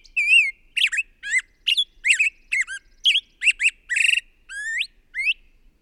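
Bird song: varied whistled notes, some swooping up, some buzzy and harsh, following one another quickly; the phrase ends with two clear rising whistles.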